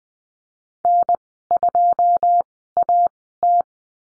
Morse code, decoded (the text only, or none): N2AT